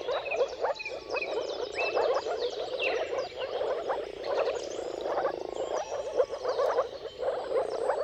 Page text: Dawn’s Chorus: Mating Calls of Marsh Frogs at Sunrise. Depending on the weather at the turn of March and April, you can witness an amazing spectacle of moor frogs. Jakub-Orzecki moor frogs